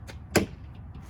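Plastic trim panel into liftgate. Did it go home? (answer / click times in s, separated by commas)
yes / 0.4 s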